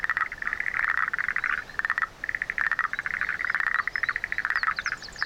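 Frogs calling in a dense chorus of rapid, rattling pulsed notes, overlapping and nearly continuous, with brief pauses and faint high chirps above.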